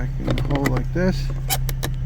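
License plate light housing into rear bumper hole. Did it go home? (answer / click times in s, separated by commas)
no / none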